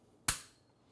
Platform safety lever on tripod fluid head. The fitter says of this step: snaps in place, and it's captive because of the safety catch.